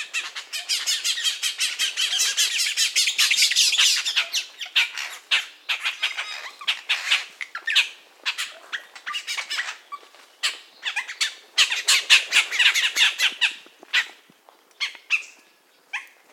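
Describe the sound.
Bird squawking in a loud, dense run at first, then breaking into shorter harsh notes repeated several times a second with brief pauses.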